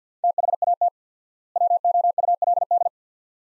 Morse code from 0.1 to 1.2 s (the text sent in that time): THAT